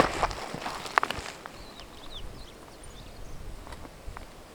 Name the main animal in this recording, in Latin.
Lamprotornis superbus